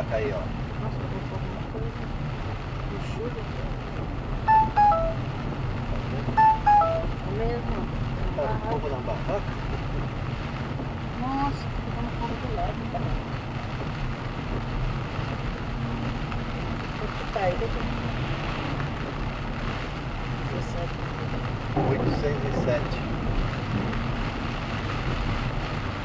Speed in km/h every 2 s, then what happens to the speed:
38, 39, 41, 40, 40, 40, 41, 43, 43, 42, 44, 45, 46.
0-26 steady at about 41.